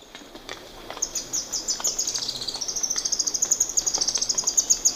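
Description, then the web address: Red-faced spinetail song: high thin notes that speed up into a fast, even trill, with scattered faint clicks beneath. Ecuador. "Birds of Ecuador Red-faced Spinetail"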